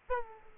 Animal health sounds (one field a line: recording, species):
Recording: mosquito wingbeat signal from an infrared sensor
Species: Aedes aegypti